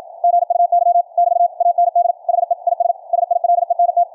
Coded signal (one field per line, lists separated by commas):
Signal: Morse code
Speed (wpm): 53 wpm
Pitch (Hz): 700 Hz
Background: none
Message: GUY <BT> AND HE IS SILENT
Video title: QRQ CW NET on 40 meters - recorded LIVE from an Elecraft K3S on 4-28-2019